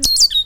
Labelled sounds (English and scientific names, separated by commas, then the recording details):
Stitchbird (Notiomystis cincta) song
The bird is a male
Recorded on Tiritiri Matangi Island, New Zealand, in 2005
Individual 18, of nest box 26